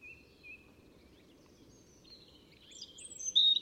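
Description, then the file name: European robin song, starting with soft thin notes and building into a louder run of high twittering phrases near the end. "Erithacus rubecula"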